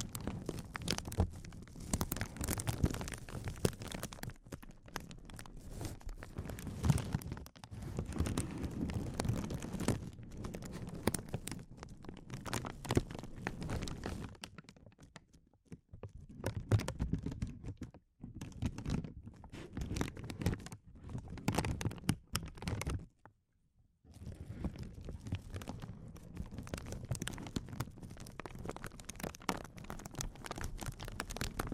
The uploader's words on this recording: ASMR Sensitive Crinkles (No Talking).